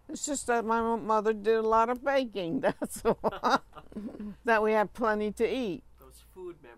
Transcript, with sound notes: It's just that my mother did a lot of baking, that's (both laugh) that we had plenty to eat.
Those food memories.